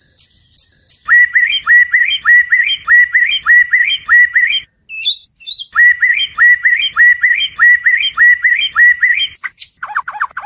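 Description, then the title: White-rumped shama repeats a short bright whistled phrase about twice a second, pauses briefly, resumes the same phrase, then ends with sweeping whistles. Song used as a training recording to teach cage birds. "MURAI BATU LABAIK"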